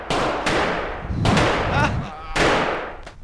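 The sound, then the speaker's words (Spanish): A burst of gunshots: several loud, sharp cracks fired at uneven intervals over a few seconds, each followed by a rumbling, echoing tail. “¡Hemos cosido a balazos al maldito terrorista!”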